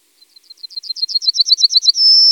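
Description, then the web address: Yellowhammer song: a fast series of many bright, high notes that swell in loudness before breaking into a sustained high note at the end. "Emberiza citrinella. ns svatomartinska alej"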